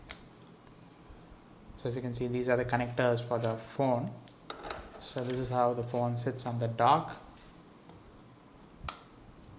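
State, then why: Seated. Someone talks while a Sony Xperia Z2 smartphone is set onto its magnetic charging dock, which is not yet plugged in, so the phone's side charging pins meet the dock connectors. A single sharp click sounds at 8.9 s as the magnet pulls the phone home, and the phone is seated on the dock.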